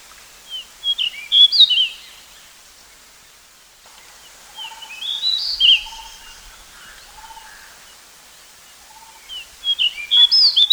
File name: suara kicauan burung decu. omkicau